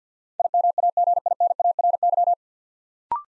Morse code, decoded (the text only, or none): IMAGINARY